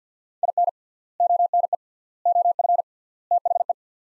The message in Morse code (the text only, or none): IN ONE OF THE